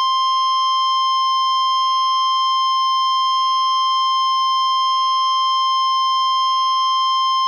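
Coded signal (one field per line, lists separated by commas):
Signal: Emergency Alert System (SAME) tones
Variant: 1050 Hz attention tone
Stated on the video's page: Tornado warnings with live voice audio from NOAA weather radio station WXM62.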